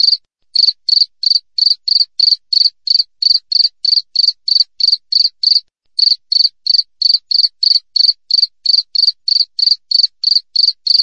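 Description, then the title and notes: Cricket giving evenly spaced, bright high chirps roughly three each second, with brief pauses near the start and midway; nothing else heard. Clear wild cricket chirping with closely spaced pauses. "Jangkrik Alam Jernih, Jeda Rapat. suara jangkrik"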